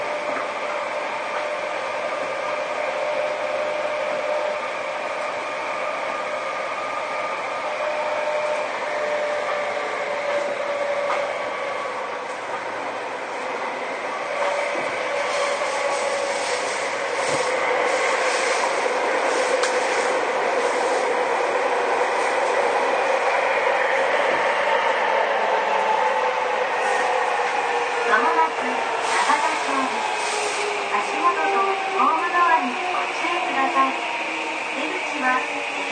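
A Seibu 6000 series train running between Wakoshi and Shin-kiba, with a steady rolling roar throughout. Motor whine holds level tones that begin sliding and shifting after about 25 seconds as the train changes speed, with scattered clicks and rattles in the last ten seconds.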